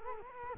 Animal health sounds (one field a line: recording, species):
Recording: mosquito wingbeat signal from an infrared sensor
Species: Culex quinquefasciatus